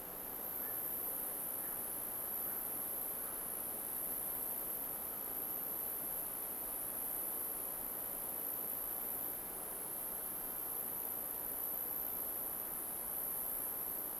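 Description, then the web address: Cricket chorus as a continuous shrill high trill, constant in level, with a gentle wash of forest background noise below. Crickets in alpine forest ambience. "Soundrangers - Nature Ambience forest alpine crickets"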